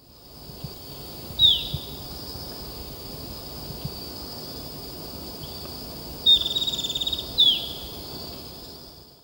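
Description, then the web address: Golden-faced tyrannulet gives a high descending whistle, then later a longer whistled note with a buzzy rattling tail and a final falling note, over constant insect drone. Ecuador. "Birds of Ecuador Golden-Faced Tyrannulet"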